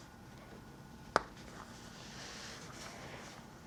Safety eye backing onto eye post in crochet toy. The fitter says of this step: And then remember to pop those backs on them until you hear them click.